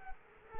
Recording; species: mosquito wingbeat signal from an infrared sensor; Culex quinquefasciatus